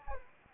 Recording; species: mosquito wingbeat signal from an infrared sensor; Anopheles arabiensis